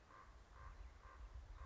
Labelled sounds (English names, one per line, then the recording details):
Common Raven
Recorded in Sonoma County, California